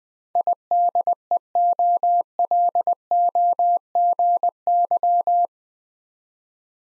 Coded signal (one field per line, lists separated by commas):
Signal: Morse code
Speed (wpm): 20 wpm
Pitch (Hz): 700 Hz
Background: none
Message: IDEOLOGY